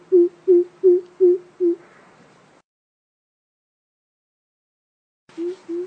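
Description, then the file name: Coucal calling in a series of five deep, hollow hoots at a steady pace, then a pause and a new series starting. "tieng keu chim bim bip"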